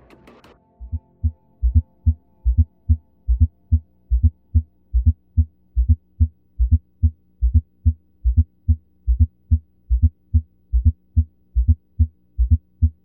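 Steady heart sounds heard through a stethoscope on auscultation of an adult heart, at about 72 beats a minute. Each beat is a pair of short, low thuds in an even rhythm. A faint constant hum runs underneath.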